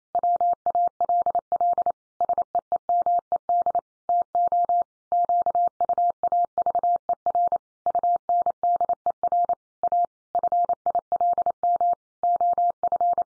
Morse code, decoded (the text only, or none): WALL SEEMED TO QUAVER UNDER A FILM OF